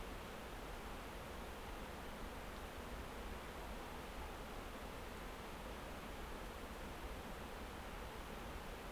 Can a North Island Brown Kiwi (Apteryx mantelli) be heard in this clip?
no